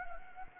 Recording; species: mosquito wingbeat signal from an infrared sensor; Anopheles gambiae